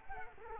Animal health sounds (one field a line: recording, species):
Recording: mosquito wingbeat signal from an infrared sensor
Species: Culex quinquefasciatus